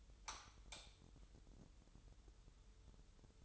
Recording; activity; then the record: daily activity, microphone in the room; light on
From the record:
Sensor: 3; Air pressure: 988.4 hPa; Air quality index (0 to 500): 192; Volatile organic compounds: 276 ppm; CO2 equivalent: 4426 ppm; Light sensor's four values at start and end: 8/19/8/8 and 10/28/11/11